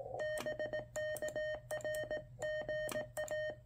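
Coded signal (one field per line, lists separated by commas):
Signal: Morse code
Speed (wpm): 18 wpm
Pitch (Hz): 1850 Hz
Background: none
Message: BK R GA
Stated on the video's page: QRP CW contacts on 30 and 20 meters with a Venus SW-3C, working Parks on the Air activators.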